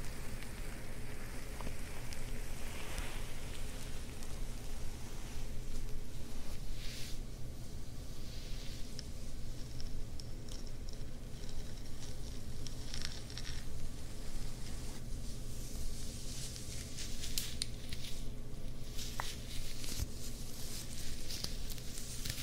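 Ear massage with fabric scratching: a steady low rumble under dense rustling, with brighter scratchy bursts around seconds 7, 10–13 and 17–20.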